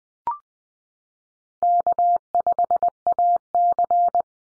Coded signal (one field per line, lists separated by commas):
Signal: Morse code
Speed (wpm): 20 wpm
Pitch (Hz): 700 Hz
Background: none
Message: K5AC